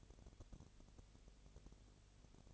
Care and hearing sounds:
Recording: daily activity, microphone in the room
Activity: no activity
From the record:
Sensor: 4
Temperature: 22.6 degrees Celsius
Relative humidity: 32.0%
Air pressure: 1008.1 hPa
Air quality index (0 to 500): 113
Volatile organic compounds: 2 ppm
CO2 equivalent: 1102 ppm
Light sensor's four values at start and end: 2/3/1/1 and 2/3/1/1

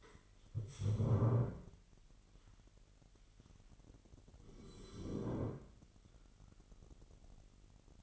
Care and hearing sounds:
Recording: daily activity, microphone in the room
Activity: stand up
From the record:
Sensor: 4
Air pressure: 999.3 hPa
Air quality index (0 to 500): 110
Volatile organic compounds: 2 ppm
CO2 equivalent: 1094 ppm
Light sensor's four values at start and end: 11/25/10/11 and 11/25/10/11

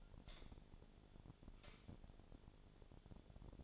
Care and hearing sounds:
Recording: daily activity, microphone in the room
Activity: light on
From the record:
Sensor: 5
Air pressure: 1009.9 hPa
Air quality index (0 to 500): 160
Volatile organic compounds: 4 ppm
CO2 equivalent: 1557 ppm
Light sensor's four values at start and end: 187/475/197/212 and 188/476/197/212

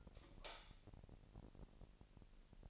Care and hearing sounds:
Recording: daily activity, microphone in the room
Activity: light off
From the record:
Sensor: 5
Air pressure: 1002.0 hPa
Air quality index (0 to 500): 229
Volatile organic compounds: 31 ppm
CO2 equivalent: 2989 ppm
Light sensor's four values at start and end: 16/37/15/16 and 15/36/15/16

